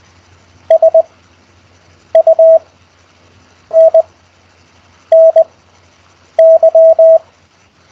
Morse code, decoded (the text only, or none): SUNNY